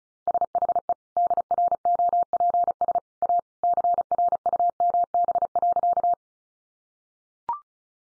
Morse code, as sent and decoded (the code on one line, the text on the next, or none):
... .... . / -.. .-. --- .--. ... / .- / -.-. .-. ..- -- -... .-.-.-
SHE DROPS A CRUMB.